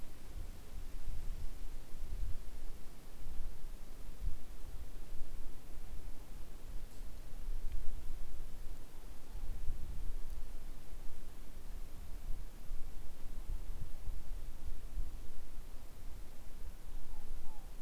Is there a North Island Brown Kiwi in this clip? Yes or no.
no